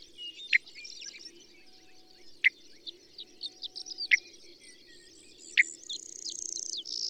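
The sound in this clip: Bird calls: scattered high twitters, broken by four loud, sharp downward-swept notes spaced one to two seconds apart, with a buzzy trill at the very end.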